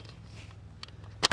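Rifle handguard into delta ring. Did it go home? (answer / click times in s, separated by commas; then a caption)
yes / 1.2 s. A polymer handguard half is pressed into the spring-loaded delta ring of an AR15 A2 rifle over a low steady hum, with a few faint ticks before it. A sharp, bright pop at 1.3 s marks the handguard seating, and it stays in place.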